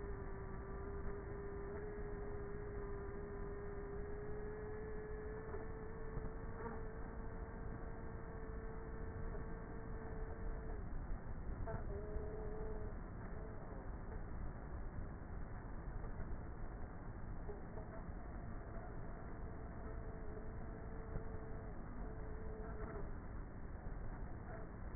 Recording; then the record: honeybee colony, microphone inside the hive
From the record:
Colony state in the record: queenless with a low population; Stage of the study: before two queens were removed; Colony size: about 30,000 bees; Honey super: no